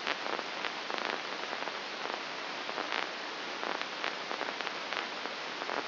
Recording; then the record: brain microelectrode recording played as sound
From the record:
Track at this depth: inside the subthalamic nucleus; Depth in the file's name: 4.701 mm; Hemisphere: left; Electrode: 2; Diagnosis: Parkinson's disease